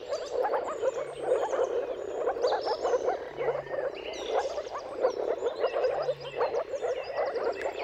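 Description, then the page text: Moor frogs bubbling together in a constant low chorus; birds twitter above, and a faint low hum comes and goes three times. Mating chorus of moor frogs at sunrise, at the turn of March and April depending on the weather; dawn chorus. "Dawn’s Chorus: Mating Calls of Marsh Frogs at Sunrise. Depending on the weather at the turn of March and April, you can witness an amazing spectacle of moor frogs. Jakub-Orzecki moor frogs"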